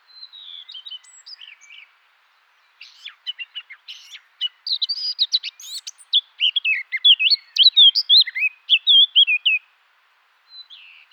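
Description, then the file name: Eurasian blackcap song: a scratchy, twittering opening that builds into loud, clear fluting whistles, phrases lasting several seconds with short pauses between. "Sylvia atricapilla"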